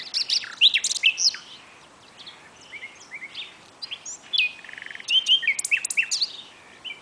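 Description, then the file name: Common nightingale song with loud slurred whistles and chirps, a quiet pause, then a fast series of repeated notes and more varied phrases. "Luscinia megarhynchos"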